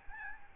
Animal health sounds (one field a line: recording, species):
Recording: mosquito wingbeat signal from an infrared sensor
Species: Aedes albopictus